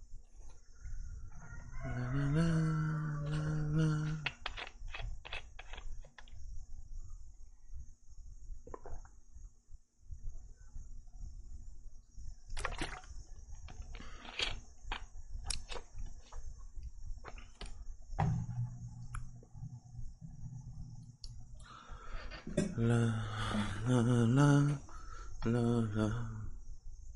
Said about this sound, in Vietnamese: Bên ngoài thì hiện giờ cái tiếng ve kêu nó khá là to. Quý vị sẽ nghe giúp mình xem là nó có ảnh hưởng không? Quý vị có nghe thấy tiếng đấy không?